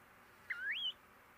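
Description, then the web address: Snowy plover giving a single short whistled call that dips and then rises sharply, over a soft steady background hiss. "Snowy plover. صدای-پرنده-سلیم-برفی"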